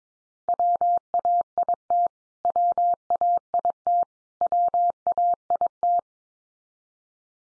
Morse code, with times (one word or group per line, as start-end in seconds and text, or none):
0.5-2.1 WAIT
2.5-4.0 WAIT
4.4-6.0 WAIT